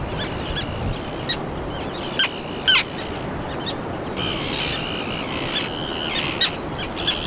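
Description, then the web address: Common tern calls, scattered sharp clicks and short notes early on, then a denser run of harsh calls from the middle to the end. "garajau-comum Vocalizacoes"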